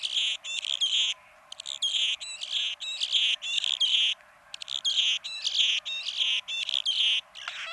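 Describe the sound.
Anna's hummingbird singing a long run of dry, buzzy, scratchy phrases in quick bursts separated by short gaps, high-pitched and wheezy throughout.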